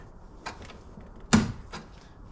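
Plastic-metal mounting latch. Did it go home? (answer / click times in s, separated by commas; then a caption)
yes / 1.3 s. An electric MotorGuide Xi3 trolling motor is pushed down onto the quick-release mounting plate on a kayak's bow. A faint knock at 0.5 s comes before one sharp, loud click at 1.3 s as it clips in and is seated, followed by a few softer taps.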